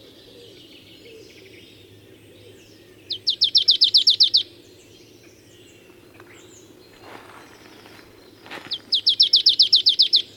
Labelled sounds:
Marsh Tit song
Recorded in the wild
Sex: male
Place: Gingst, Insel Rügen, Mecklenburg-Vorpommern, DE
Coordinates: 54.456, 13.311
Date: 1978-04-19 05:10
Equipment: Nagra III BH, Sennheiser MD 21, parabola
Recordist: Schubert, Michael

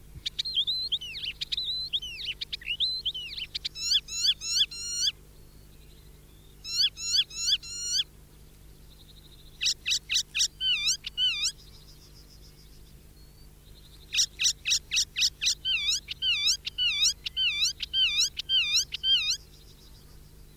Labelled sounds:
Icterine Warbler song
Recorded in the wild
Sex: male
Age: adult
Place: Erlangen, Bayern, DE
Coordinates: 49.6031, 10.9581
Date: 1964-05-09
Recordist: Tretzel, Erwin
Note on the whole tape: Neuweiher (Hütte): Männchen: Gesang

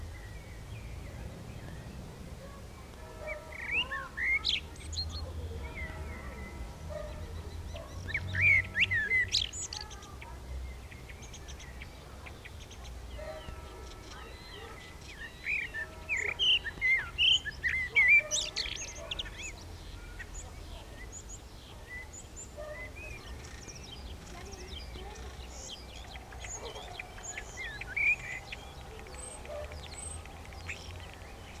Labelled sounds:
Common Blackbird song
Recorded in the wild
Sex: male
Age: adult
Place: Bielefeld-Mitte, Nordrhein-Westfalen, DE
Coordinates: 52.0081, 8.5475
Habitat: residential district
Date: 1968-05-04
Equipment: Uher 4000 Report-S, Bändchenmikro Beyer M 260, Parabolspiegel Polyester (470 mm)
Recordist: Conrads, Klaus

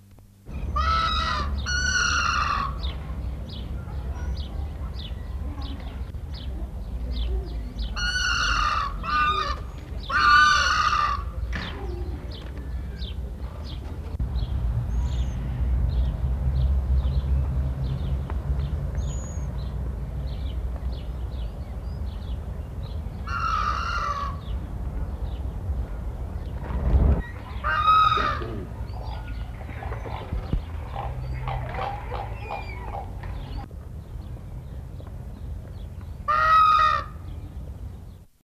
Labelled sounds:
Red-naped Ibis call
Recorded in captivity
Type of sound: call
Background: Bombycilla cedrorum, Ardea goliath
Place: Zoo Frankfurt, Hessen, DE
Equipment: Halbspur, 9,5 cm/s
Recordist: Lütgens, Hans
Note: Rufe, mit Zedernseidenschwanz und einmal mit Goliathreiher

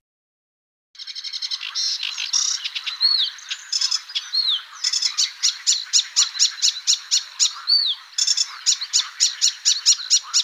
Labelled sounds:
Sedge Warbler song
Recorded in the wild
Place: Nagyivan / Hortobagy, HU
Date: 1988-05-12
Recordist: Schwarz, Dieter
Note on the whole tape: Song

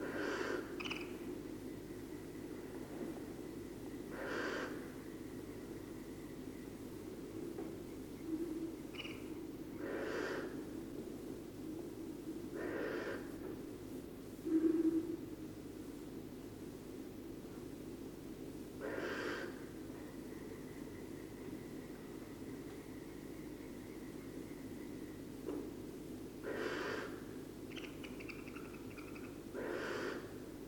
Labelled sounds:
Western Barn Owl call
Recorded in the wild
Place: Burg Stargard, Mecklenburg-Vorpommern, DE
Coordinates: 53.496, 13.316
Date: 1980-04-30 21:32
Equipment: Nagra III BH, Sennheiser MD 21, parabola
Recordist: Schubert, Michael

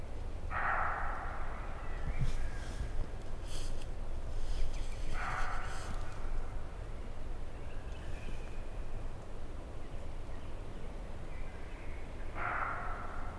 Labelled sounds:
Western Roe Deer call
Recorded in the wild
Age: adult
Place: Altsorgefeld, NSG Rochauer Heide, Brandenburg, DE
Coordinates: 51.8103, 13.5203
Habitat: wood
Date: 2007-03-16 17:52
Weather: fair, 15°C, no wind
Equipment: Sound Devices 702, Sennheiser MKH 70, Windkorb
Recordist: Frommolt, Karl-Heinz
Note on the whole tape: Revier 94: Schrecken eines Rehes. Tier nicht gesehen

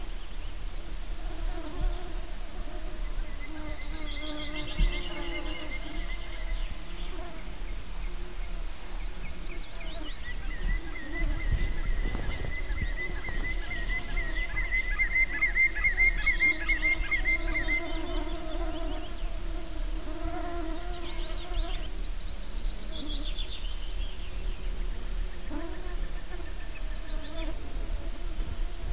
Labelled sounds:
Common Greenshank
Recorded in the wild
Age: adult
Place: Halbinsel Kindo, Karelien, RU
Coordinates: 66.5428, 33.0481
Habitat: lake
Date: 1994-06-20 12:20
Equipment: Sony TCD-D3, Sennheiser MKH 70, Windkorb
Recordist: Frommolt, Karl-Heinz

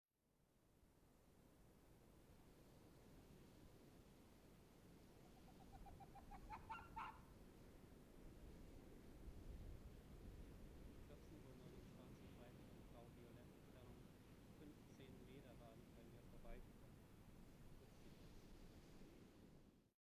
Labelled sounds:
Arctic Fox barking
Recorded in the wild
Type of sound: barking
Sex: female
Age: adult
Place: Insel Mednyi, Kommandeur-Inseln, RU
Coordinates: 54.5167, 168.083
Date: 1999-07-17 14:29
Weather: overcast, 10°C, westerly winds
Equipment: Sony WM-D6C, Sennheiser ME 80, Schalter I, Windkorb, Kopie Tascam DA 30
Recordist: Frommolt, Karl-Heinz
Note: Südlich Kap Dlinnyi: Polarfuchsfähe links Blau/Violett 163 kommt an mir vorbei, winselt kurz (nicht aufgenommen), setzt sich dann ca. 12 m von mir entfernt hin und äußert eine Bellstrophe. Läuft anschließend weiter Richtung Höhle

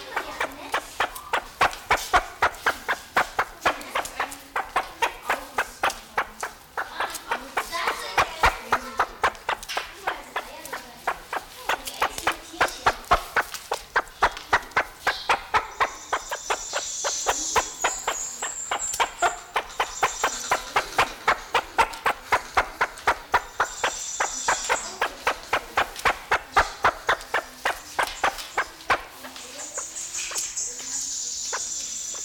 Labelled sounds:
Great Argus call
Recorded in captivity
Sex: male
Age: adult
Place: Zoo Berlin, Berlin, DE
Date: 1994-01-08 11:25
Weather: wolkig bis sonnig, 6°C
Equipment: Marantz CP 430, Sennheiser MKH 416 T, Kopie Uher Variocord 263
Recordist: Tembrock, Günter

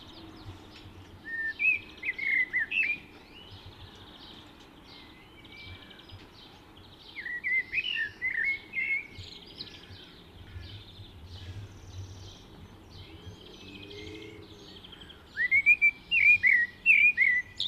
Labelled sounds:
Common Blackbird song
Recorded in the wild
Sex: male
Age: adult
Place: Garmisch-Partenkirchen, Bayern, DE
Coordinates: 47.4922, 11.0728
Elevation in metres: 709
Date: 1973-04-25
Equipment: Nagra IV, Sennheiser MKH 405, Parabolreflektor
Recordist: Tretzel, Erwin
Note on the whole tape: Maximilianstraße, Garmisch-Partenkirchen: Gesang

